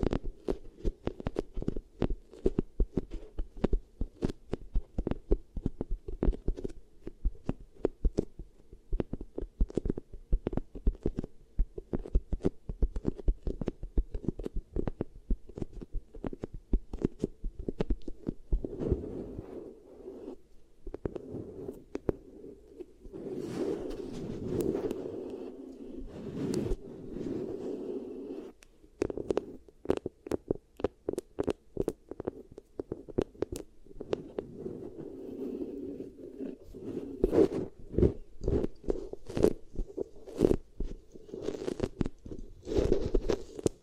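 Beeswax ear triggers: dense, rapid sticky taps and squishes crowd the whole clip, with a steady low-mid hum underneath. Around 20 to 28 seconds the sound turns into softer, smeared rubbing and kneading before the quick clicky taps return, sharper again near the end.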